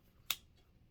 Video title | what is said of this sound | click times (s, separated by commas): How to Clean a Heritage Rough Rider Revolver 22LR: A Beginner's Guide | and snap into place. The button popped out as soon as it got seated correctly. | 0.3 s